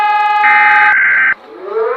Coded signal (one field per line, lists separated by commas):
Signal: Emergency Alert System (SAME) tones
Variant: header bursts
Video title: us brazil eas mock